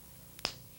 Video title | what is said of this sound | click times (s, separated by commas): Orasure HIV specimen collection | that snap means the cap is properly seated in the vial | 0.5 s